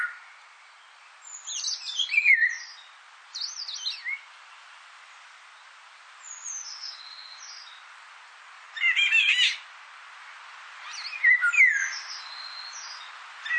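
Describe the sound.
Indian golden oriole song: short phrases of whistled, downslurred notes mixed with higher scratchy, buzzy elements, given in several bursts with quiet gaps between.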